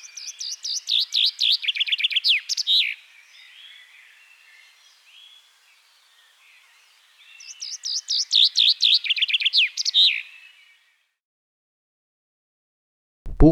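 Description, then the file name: Common chaffinch song: two bright descending trills, each ending in a flourish, separated by several seconds of quiet; a brief low thump at the very end. "buchfink"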